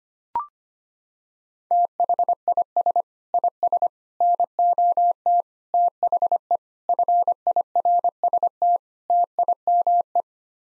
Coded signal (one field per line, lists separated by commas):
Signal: Morse code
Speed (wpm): 25 wpm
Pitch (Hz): 700 Hz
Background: none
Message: THIS IS NOT THE FIRST TIME